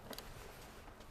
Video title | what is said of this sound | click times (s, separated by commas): 2023 Winnebago Solis 59P NPF - National Park Foundation Edition Solis | you hear it snap it means it's good to go | 0.1 s, 0.2 s